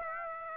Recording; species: mosquito wingbeat signal from an infrared sensor; Aedes aegypti